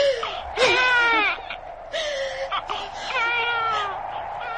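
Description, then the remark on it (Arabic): An infant cries from thirst in a barren desert, in repeated wailing bursts, high-pitched and strained with wavering harmonics, each cry rising and falling before a short break. No talking can be heard. “رباه رباه، هذا صياح من استبد به العطش.”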